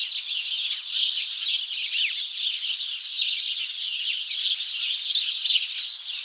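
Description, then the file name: House sparrow: constant chatter of many house sparrows, bright overlapping chirps packed tightly together, holding an even level from start to finish. "Passer domesticus"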